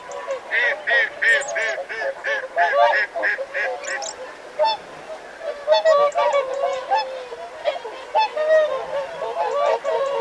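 Whooper swans giving rapid trumpeting honks, a quick series of loud bugled notes early on, then overlapping calls in a busy flock chorus.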